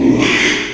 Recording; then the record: squeal of a Yucatan mini pig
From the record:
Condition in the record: after surgery on the right vocal fold (resection and tissue-engineered implant); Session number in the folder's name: 1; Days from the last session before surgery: 6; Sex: male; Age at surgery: 12 weeks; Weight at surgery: 13 kg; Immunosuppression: cyclosporine, prednisolone